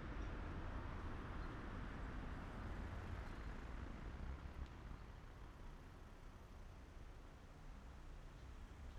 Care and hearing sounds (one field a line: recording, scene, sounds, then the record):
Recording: everyday scene through a hearing-aid microphone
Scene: in traffic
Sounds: traffic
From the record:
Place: main city hub, rush hour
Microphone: behind the ear, right, front